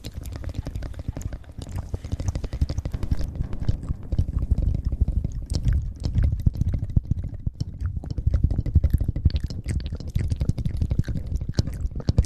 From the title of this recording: ASMR Fast Mouth Sounds